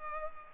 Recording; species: mosquito wingbeat signal from an infrared sensor; Culex pipiens